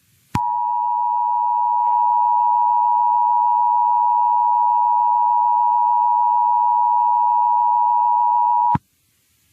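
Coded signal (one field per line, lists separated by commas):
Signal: Emergency Alert System (SAME) tones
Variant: 853 and 960 Hz attention tone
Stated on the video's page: Fictional EAS scenario, not a real broadcast alert.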